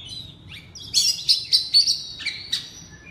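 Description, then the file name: Oriental magpie-robin giving a short phrase of bright, buzzy whistles pulsing several times in a row, then trailing off. Loud (keras) song in the ngeplong style. "suara kacer ngeplong keras"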